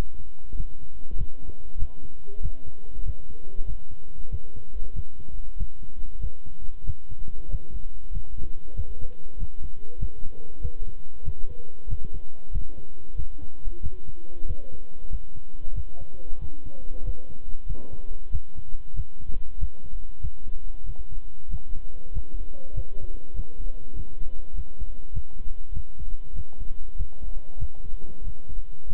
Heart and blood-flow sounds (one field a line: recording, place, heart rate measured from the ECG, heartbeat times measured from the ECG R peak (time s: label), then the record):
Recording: heart sounds by stethoscope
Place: between the tricuspid and mitral areas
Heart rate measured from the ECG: 95 bpm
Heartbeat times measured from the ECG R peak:
0.55 s: heartbeat
1.16 s: heartbeat
1.77 s: heartbeat
2.40 s: heartbeat
3.03 s: heartbeat
3.64 s: heartbeat
4.29 s: heartbeat
4.93 s: heartbeat
5.56 s: heartbeat
6.19 s: heartbeat
6.84 s: heartbeat
7.48 s: heartbeat
8.11 s: heartbeat
8.74 s: heartbeat
9.37 s: heartbeat
9.98 s: heartbeat
10.60 s: heartbeat
11.23 s: heartbeat
11.87 s: heartbeat
12.51 s: heartbeat
13.15 s: heartbeat
13.80 s: heartbeat
14.45 s: heartbeat
15.09 s: heartbeat
15.73 s: heartbeat
16.39 s: heartbeat
17.03 s: heartbeat
17.66 s: heartbeat
18.30 s: heartbeat
18.94 s: heartbeat
19.57 s: heartbeat
20.20 s: heartbeat
20.84 s: heartbeat
21.48 s: heartbeat
22.11 s: heartbeat
22.73 s: heartbeat
23.34 s: heartbeat
23.94 s: heartbeat
24.53 s: heartbeat
25.12 s: heartbeat
25.72 s: heartbeat
26.33 s: heartbeat
26.95 s: heartbeat
27.57 s: heartbeat
28.22 s: heartbeat
28.87 s: heartbeat
From the record:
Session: walking at 3.7 km/h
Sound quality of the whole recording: good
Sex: male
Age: 26 years